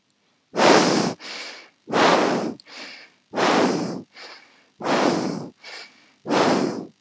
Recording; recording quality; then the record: shallow breathing; excellent, no background noise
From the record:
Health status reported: healthy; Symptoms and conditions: none ticked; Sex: male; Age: 28 years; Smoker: not ticked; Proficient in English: yes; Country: India